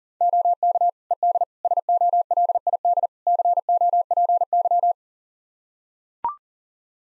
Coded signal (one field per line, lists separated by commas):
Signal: Morse code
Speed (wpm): 40 wpm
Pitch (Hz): 700 Hz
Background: none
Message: OK ED SOLID COPY